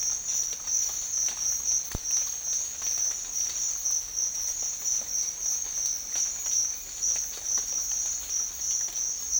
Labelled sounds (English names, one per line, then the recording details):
none
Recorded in secondary vegetation near Puerto Asís, Putumayo, Colombia, on 12 March 2025 at 07:00
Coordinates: 0.499, -76.323
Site G094